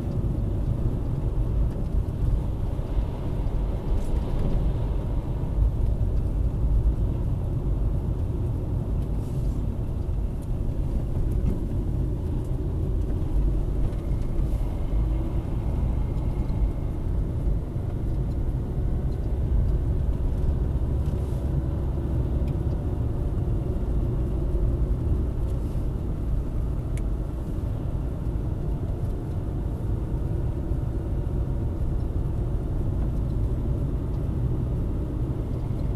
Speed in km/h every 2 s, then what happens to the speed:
47, 45, 47, 47, 43, 35, 34, 43, 48, 51, 52, 52, 46, 46, 49, 50, 46, 47.
0-7 steady at about 47. 7-11 slows to 34. 11-19 speeds up to 52. 19-36 steady at about 47.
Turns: 8-12.